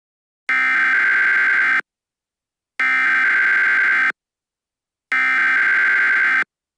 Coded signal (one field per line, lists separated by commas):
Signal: Emergency Alert System (SAME) tones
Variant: header bursts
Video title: Turning Red: An EAS Scenario